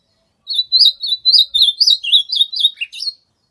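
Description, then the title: Ultramarine grosbeak song, a single lively phrase of rapid sweet warbles that falls in pitch near the close before a brief rising flourish. Natural wild-type song, called canto do mato. "AZULÃ O O VERDADEIRO CANTO DO MATO"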